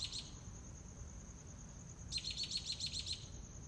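Mockingbird song: a brief high burst, then a fast trill of repeated sharp notes lasting about a second, against a steady insect drone.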